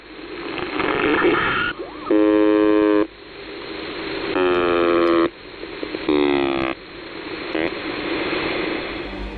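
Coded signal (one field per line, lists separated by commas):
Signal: channel marker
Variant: UVB-76 (The Buzzer)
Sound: three harsh, low, rasping buzzes, each about a second long, between stretches of hissing static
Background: radio static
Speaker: Le buzzer a déjà subi des anomalies, le plongeant dans le silence qui là encore font l'objet d'enregistrement.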